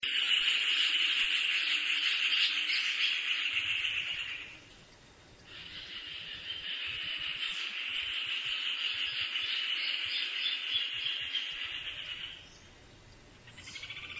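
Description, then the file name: Rufous hornero delivering two long, rapid, ringing trills of high notes, each several seconds long, separated by a short gap, with a third beginning at the end. "Furnarius rufus"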